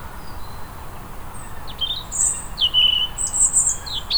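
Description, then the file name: European robin song: a rambling phrase of thin, high whistles, sliding slurs and very high sharp notes through most, low rumble behind. "Erithacus rubecula"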